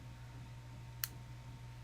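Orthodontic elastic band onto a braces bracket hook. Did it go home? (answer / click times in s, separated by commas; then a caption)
yes / 1.0 s. An orthodontic elastic band is stretched over the top lip and released onto a braces bracket hook, snapping into place with a single sharp, bright click at 1.0 s over a steady low hum. The band is seated on the hook.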